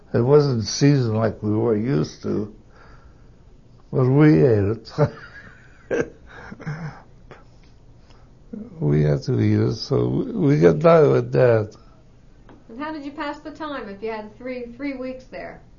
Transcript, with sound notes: It wasn't seasoned like we were used to, but we ate it. (he laughs) We had to eat it so we got by with that.
And how did you pass the time if you had three weeks there?